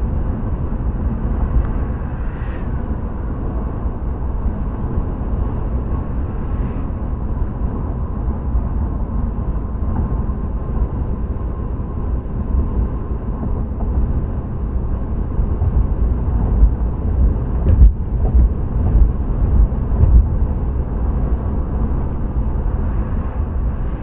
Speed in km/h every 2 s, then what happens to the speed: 76, 74, 74, 74, 72, 72, 72, 74, 74, 76, 77, 77.
0-24 steady at about 74.